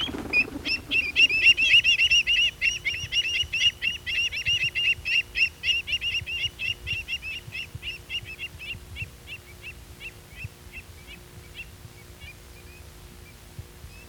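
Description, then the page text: Andean avocet calls: a rapid, regular run of sharp, high piping notes, loud at first and gradually fading away, with faint low rumble behind. Argentina. "Fotos de aves de Argentina"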